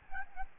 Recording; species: mosquito wingbeat signal from an infrared sensor; Aedes albopictus